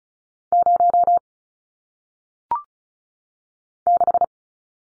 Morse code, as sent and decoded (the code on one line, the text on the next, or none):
----- / -....
0 6